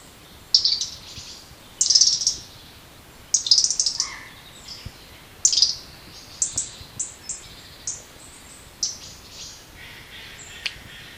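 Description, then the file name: European robin: short bursts of very high, sharp notes at irregular intervals, growing fainter toward the end. "Erithacus rubecula"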